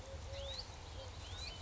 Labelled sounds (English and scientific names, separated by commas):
Eurasian Collared Dove (Streptopelia decaocto)